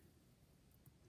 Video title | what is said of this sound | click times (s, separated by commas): Flat Herringbone Stitch | you want to hear them snap into place like that so they always look like a V knot | 0.9 s